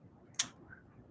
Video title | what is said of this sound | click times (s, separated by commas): Republishing In Memory of Ladybird RIP Jul 2025 🔴 Unboxing Superior Labor @TwoMiceOnMyBookshelf | there's a click | 0.4 s